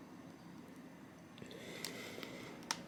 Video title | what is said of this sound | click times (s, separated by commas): GPD Win 2 display cable replacement / GPD MicroPC battery replacement | there we go you hear a click press it down you hear the click | 2.7 s